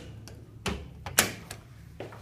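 A door on a Sargent closer swings shut, and its latch bolt clicks firmly into the strike plate at 1.2 s, the loudest and sharpest sound in the clip. Softer knocks and clicks come before and after it, at about 0.3, 0.7, 1.1, 1.5 and 2.0 s. The door latches fully, as it does every time unless it is closed slowly.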